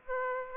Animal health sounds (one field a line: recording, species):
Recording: mosquito wingbeat signal from an infrared sensor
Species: Aedes aegypti